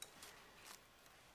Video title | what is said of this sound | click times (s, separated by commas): 5 best vacuum cleaners - Best Vacuums Cleaners in 2020 | again until you hear it click into place | 0.0 s